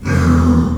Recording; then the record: squeal of a Yucatan mini pig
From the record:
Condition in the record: after surgery on the right vocal fold (resection and tissue-engineered implant); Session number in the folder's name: 16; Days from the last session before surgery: 183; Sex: female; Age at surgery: 19 weeks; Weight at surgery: 25 kg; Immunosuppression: prednisolone